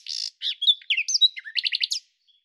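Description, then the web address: Common nightingale song: a buzzy opening, then varied whistled and slurred notes, finishing with a quick string of five rapid repeated notes. "cianscape birddata Deverinetal 2025 Bird Lu Me"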